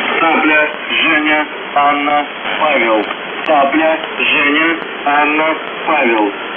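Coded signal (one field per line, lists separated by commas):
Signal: coded military voice message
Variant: UVB-76, Russian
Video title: UVB-76/ The Buzzer Voice Message January 19, 2022 07:58 UTC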